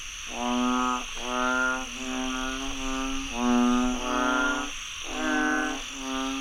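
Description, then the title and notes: Frogs giving a near-continuous series of nasal, harmonic croaks with only short breaks, over a steady high-pitched insect hiss. Frogs croaking after heavy rainfall in Chiang Mai, Thailand. "Frogs croaking after heavy rainfall in Chiang Mai, Thailand. Alex Boyesen"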